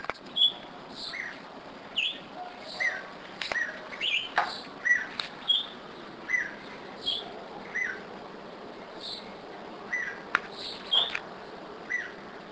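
Bulbul singing short liquid whistles and chirps in brisk irregular phrases, notes jumping between high and mid pitch, with a few sharp clicks and faint background hiss.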